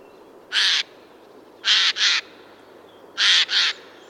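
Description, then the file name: Eurasian jay calling with loud, rasping screeches: one single call followed by two quick doubled screeches, spaced roughly every one and a half seconds. "Garrulus glandarius"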